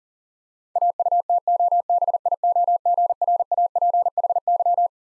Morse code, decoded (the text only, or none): AUTOBIOGRAPHY